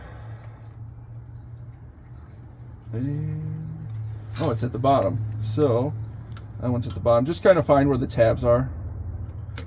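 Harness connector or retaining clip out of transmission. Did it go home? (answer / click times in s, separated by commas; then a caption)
released / 9.6 s. Someone talks while feeling for the tabs on a tabbed harness connector or retaining clip at the bottom of a transmission, over a steady low hum. A sharp click at 9.6 s marks the connector or clip releasing and pulling out of the transmission easily.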